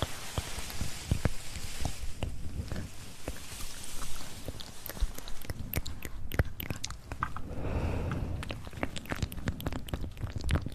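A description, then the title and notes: Wet mouth sounds click and pop rapidly and irregularly throughout, sharp bright snaps over a soft hiss, with a denser smacking stretch near eight seconds. ASMR Tingly Mouth Sounds.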